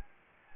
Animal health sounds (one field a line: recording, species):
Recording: mosquito wingbeat signal from an infrared sensor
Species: Anopheles gambiae